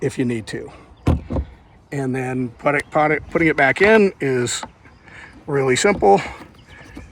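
Someone talks while handling the plastic retaining pin of a MaxxAir Fanmate RV roof vent cover, flipped up, as it is put back into its mounting base to reattach the cover. Two brief handling knocks are heard at about 1.1 s and 1.4 s between the speech. Nothing has seated or clicked into place yet.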